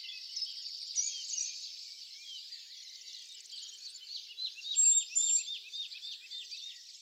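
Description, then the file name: Eurasian blue tit giving high thin notes and a fast series of short, scratchy, downward-stroked notes forming a buzzy chatter. "Cyanistes caeruleus"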